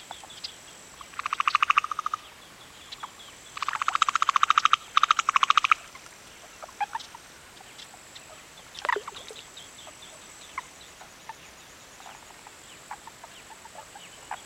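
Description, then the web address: Frogs calling in rapid pulsed rattling bursts, three main bouts in the first six seconds, then scattered short chirps over a steady high insect hiss. Afternoon in a national park in Pakistan; many frogs, some close, with insects. "BBC. pakistan many frogs some close up also birds insects and wind in trees"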